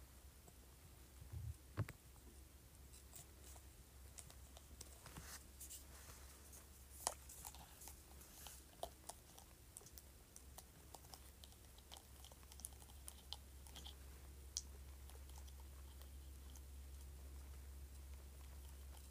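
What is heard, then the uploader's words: A spray bottle lid is scratched in quick, irregular scrapes and clicks, busiest between two and fourteen seconds, over a steady low hum. ASMR Scratching Spray Bottle Lid.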